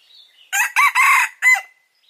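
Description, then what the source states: Red junglefowl crowing once, a brisk harsh four-syllable crow ending in a clipped tonal note; faint high bird chirps before and after. Wild male junglefowl crowing.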